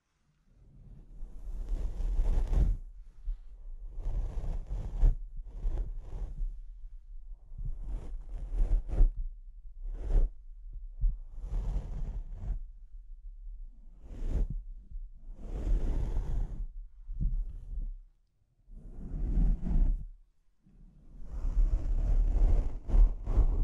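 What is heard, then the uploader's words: Microphone scratching in uneven bursts of harsh, rumbling friction that come every second or two across the clip. Each scrape has a heavy low thump underneath and a rough hiss on top, with short gaps of near silence, and the densest scratching comes at the end. ASMR Brain Melting Mic Scratching (No Talking).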